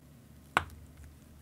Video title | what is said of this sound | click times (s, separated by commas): Heimdallr SKX to Grand Seiko? [REVIEW+MOD] | we go that satisfying snap as it goes on so | 0.6 s